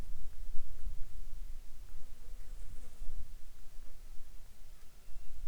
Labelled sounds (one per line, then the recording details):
insects
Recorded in the Arctic National Wildlife Refuge, Alaska, on 7 July 2019 at 18:44
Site 41